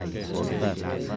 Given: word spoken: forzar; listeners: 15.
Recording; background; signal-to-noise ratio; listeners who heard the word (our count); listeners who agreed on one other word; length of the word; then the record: one Spanish word in noise, from a listening test; eight-talker babble; -2.4 dB; 2 of 15; 6 of 15; 0.76 s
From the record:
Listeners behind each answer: 6, 2, 2, 1, 1, 1, 1, 1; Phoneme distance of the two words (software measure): 20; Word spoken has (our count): 2 syllables, 6 phonemes, stress on syllable 2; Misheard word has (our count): 2 syllables, 6 phonemes, stress on syllable 2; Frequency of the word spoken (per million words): 8.06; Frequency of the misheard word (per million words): 23.39